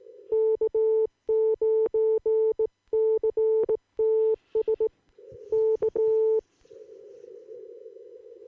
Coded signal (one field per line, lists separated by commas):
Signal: Morse code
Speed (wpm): 19 wpm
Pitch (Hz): 440 Hz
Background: none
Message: K9CTS K